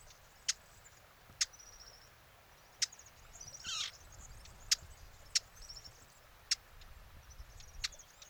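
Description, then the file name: Eurasian blackcap uttering hard single tack notes at uneven intervals, about seven loud ones, with faint thin high chirps and a brief noisy burst midway. "Sylvia atricapilla"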